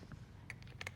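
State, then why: Seated. A small, damp facial brush head is slotted into the handle holster of an electric brush, with faint light ticks and one sharp tick near 0.5 s as it goes in. Two crisp clicks at 0.8 s and 0.9 s mark the head seating in the holster.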